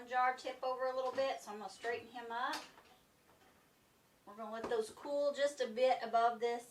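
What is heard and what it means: Hot glass canning jars of rhubarb jam cool after their water bath, with metal lids that will snap down as they seal. Someone talks, with a quiet pause around 3 to 4.2 seconds, and the jars are handled. Nothing has sealed or snapped yet when the clip ends.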